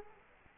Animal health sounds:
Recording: mosquito wingbeat signal from an infrared sensor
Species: Anopheles arabiensis

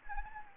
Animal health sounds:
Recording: mosquito wingbeat signal from an infrared sensor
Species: Anopheles gambiae

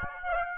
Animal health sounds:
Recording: mosquito wingbeat signal from an infrared sensor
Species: Aedes aegypti

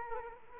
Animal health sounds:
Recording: mosquito wingbeat signal from an infrared sensor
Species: Culex quinquefasciatus

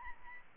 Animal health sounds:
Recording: mosquito wingbeat signal from an infrared sensor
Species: Aedes albopictus

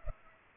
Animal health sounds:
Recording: mosquito wingbeat signal from an infrared sensor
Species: Culex pipiens

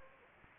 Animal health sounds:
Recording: mosquito wingbeat signal from an infrared sensor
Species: Anopheles gambiae

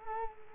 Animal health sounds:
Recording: mosquito wingbeat signal from an infrared sensor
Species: Culex quinquefasciatus

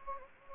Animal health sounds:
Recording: mosquito wingbeat signal from an infrared sensor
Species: Anopheles gambiae

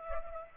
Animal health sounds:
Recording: mosquito wingbeat signal from an infrared sensor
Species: Culex pipiens

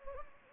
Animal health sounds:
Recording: mosquito wingbeat signal from an infrared sensor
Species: Anopheles gambiae

